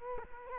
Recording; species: mosquito wingbeat signal from an infrared sensor; Culex quinquefasciatus